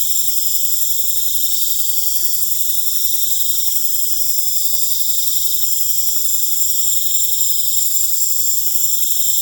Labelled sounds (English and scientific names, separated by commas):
none